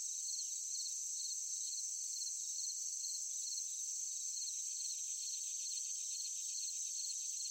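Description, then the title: Crickets give quick repeated chirps at a steady pace while a high, unbroken insect trill runs underneath. Forest at night, with other insects calling alongside the crickets. "Sound of forest at night, crickets, cicadas, insects. ASMR Nature Sound"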